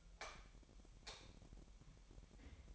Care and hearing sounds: daily activity, microphone in the room; light off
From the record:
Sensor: 1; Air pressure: 1012.0 hPa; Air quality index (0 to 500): 231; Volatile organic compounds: 6 ppm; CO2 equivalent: 1846 ppm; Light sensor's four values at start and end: 17/46/18/20 and 13/32/13/15

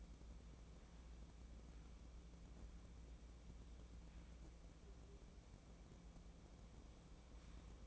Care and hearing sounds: daily activity, microphone in the room; wipe stove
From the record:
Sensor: 1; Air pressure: 1012.3 hPa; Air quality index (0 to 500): 155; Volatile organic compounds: 2 ppm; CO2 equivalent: 1272 ppm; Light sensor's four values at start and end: 791/1718/803/922 and 776/1690/787/905

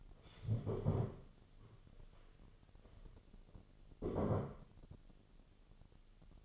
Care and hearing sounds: daily activity, microphone in the room; stand up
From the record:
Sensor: 4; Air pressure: 1016.1 hPa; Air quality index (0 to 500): 178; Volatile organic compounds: 7 ppm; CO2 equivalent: 2037 ppm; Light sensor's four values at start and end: 9/20/8/7 and 9/20/8/7

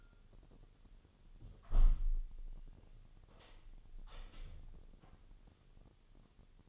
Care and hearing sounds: daily activity, microphone in the room; close window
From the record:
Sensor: 4

